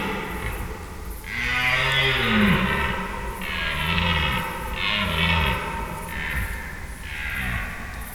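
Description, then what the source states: Red deer stag roars in a series, a long deep bellow followed by several shorter grunted roars. Red deer stags calling overnight during the rut in Schönbuch near Tübingen, Germany, September 2023.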